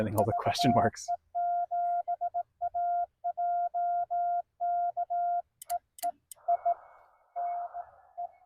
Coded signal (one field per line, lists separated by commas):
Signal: Morse code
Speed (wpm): 18 wpm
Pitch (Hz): 690 Hz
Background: speech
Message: VE7AJK EE INE